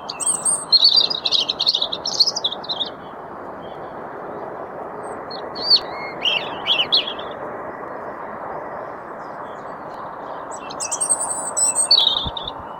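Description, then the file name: European robin song in three separate high warbled phrases, each a quick jumble of thin notes and trills with quiet gaps between, over constant low rushing background noise. "Erithacus rubecula"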